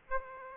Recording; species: mosquito wingbeat signal from an infrared sensor; Aedes aegypti